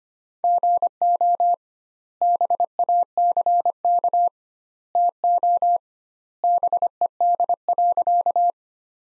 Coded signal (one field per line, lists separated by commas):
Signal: Morse code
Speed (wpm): 25 wpm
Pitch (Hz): 700 Hz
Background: none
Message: GO BACK TO BED.